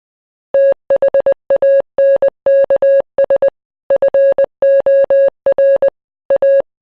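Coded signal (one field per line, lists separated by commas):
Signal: Morse code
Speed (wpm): 20 wpm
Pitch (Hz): 550 Hz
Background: music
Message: THANKS FOR A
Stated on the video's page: Heard at a Titanic exhibition that features a model of the ship's Marconi wireless room.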